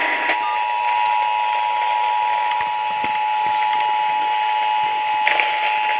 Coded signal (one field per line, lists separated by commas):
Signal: Emergency Alert System (SAME) tones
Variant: 853 and 960 Hz attention tone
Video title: A MARINGAL RISK OF SEVERE STORMS OF TEXAS EAS Alerts from 1/7/23 (EAS#68 & #80)